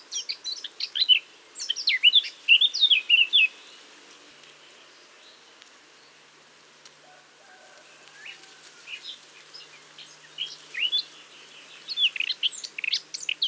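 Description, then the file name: Eurasian blackcap warble of quick high whistles and chirps, falling silent for several seconds before another fast, scratchy burst of notes. "Sylvia atricapilla"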